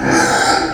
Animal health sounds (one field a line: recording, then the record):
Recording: squeal of a Yucatan mini pig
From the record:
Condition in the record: before surgery on the right vocal fold (resection and tissue-engineered implant)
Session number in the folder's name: 3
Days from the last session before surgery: 0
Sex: female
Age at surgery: 19 weeks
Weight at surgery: 25 kg